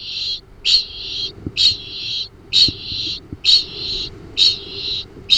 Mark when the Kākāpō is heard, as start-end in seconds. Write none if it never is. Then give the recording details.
0.00-5.37. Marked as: faintness 1/5. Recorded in New Zealand. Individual Arab